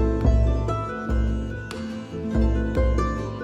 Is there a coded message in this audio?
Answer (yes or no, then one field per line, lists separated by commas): no